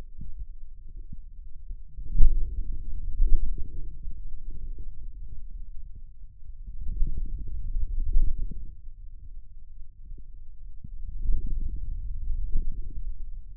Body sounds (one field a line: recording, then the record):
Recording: forearm muscle sounds (acoustic myography)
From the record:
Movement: finger pinch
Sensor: system 2, bracelet of six BSWA MPA416 microphones around the upper forearm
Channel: 6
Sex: male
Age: 22 years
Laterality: right